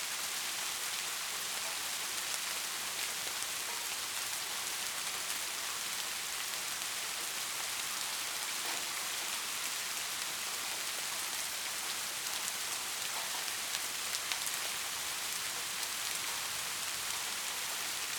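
Soft rain falls steadily and evenly, a dense bright hiss of drops with faint scattered taps and no other sounds.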